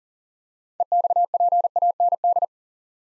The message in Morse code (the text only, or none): EXPAND